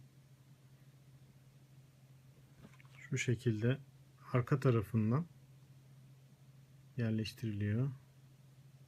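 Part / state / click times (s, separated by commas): lead pellet into CO2 air pistol rotary magazine / not seated / none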